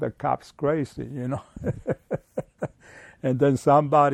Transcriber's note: laughs